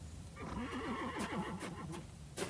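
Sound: horses neighing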